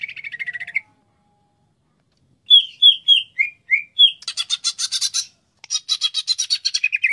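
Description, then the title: Greater green leafbird song: a short trilled burst, a pause, then a series of quick downslurred whistled notes that break into loud buzzy rattling trills. "Cucak Ijo"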